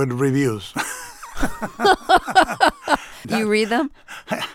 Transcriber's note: laughter